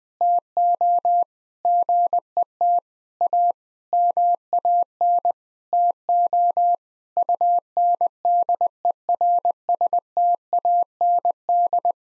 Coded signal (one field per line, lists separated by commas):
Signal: Morse code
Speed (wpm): 20 wpm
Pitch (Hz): 700 Hz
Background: none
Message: TO GET A MAN TO UNDERSTAND